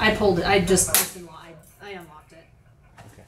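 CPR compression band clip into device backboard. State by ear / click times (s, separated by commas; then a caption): not seated / none. Someone talks while handling the load-distributing band of an AutoPulse mechanical CPR device, working its clip toward the device backboard. Only faint handling noise follows the talk, and nothing has seated or clicked yet.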